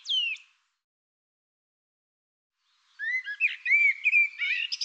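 Bird song: the tail of one note at the start, then after silence a lively phrase of rising and falling whistles and buzzy notes.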